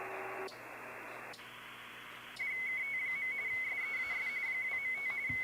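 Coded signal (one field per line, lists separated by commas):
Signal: RTTY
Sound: bursts of hiss, then a fast warbling two-tone chirp near 2 kHz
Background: radio static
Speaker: switch up to RTTY. And I can get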